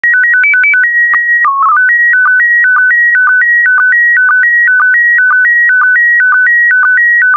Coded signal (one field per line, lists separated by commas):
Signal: SSTV (slow-scan television)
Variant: PD 120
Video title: (11 of 12) ISS Expedition 65 - MAI 75 August 2021 - Retransmission SSTV PD120